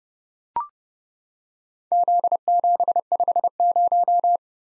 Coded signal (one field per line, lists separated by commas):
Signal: Morse code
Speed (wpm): 30 wpm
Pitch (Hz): 700 Hz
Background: none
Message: Z750